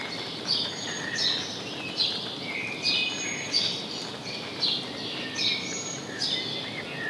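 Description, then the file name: House sparrow calling with repeated sharp chirps, irregularly spaced, over a continuous hiss of background noise. "Passer domesticus"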